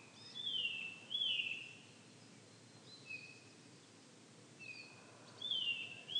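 Eurasian bullfinch calls, mellow piping whistles that slide downward, several spaced notes over quiet background noise.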